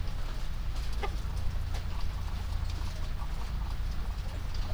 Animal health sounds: poultry house recording; sick chickens (respiratory disease)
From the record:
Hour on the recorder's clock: 23

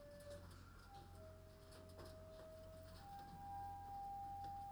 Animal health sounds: poultry house recording; no chicken sound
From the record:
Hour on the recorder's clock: 23

